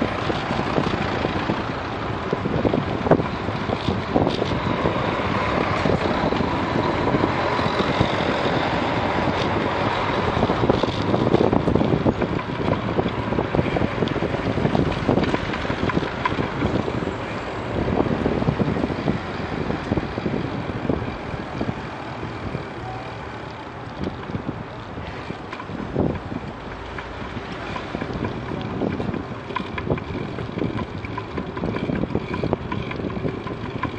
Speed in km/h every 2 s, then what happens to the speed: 20, 19, 18, 19, 21, 22, 20, 20, 19, 15, 14, 13, 14, 18, 20, 21, 23.
0-10 steady at about 19. 10-23 slows to 13. 23-34 speeds up to 23.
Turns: none.